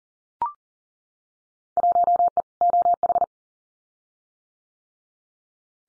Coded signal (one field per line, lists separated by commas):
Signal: Morse code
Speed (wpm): 37 wpm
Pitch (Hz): 700 Hz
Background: none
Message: 1E OH